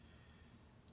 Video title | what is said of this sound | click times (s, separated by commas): UGears U-9 Grand Prix Car Mechanical 3D Wooden Model Kit UTG0031 Assembly Video | into the hole and it kind of snaps in place so you go about half | 0.9 s